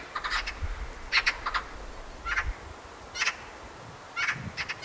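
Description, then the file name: Eurasian magpie giving harsh, rasping chatter notes in short bursts, about once a second, over low background noise. "Pica pica"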